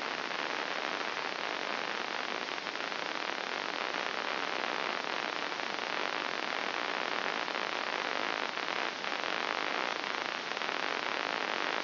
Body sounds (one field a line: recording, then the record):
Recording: brain microelectrode recording played as sound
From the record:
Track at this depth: inside the subthalamic nucleus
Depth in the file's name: 3.167 mm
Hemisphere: left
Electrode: 2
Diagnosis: Parkinson's disease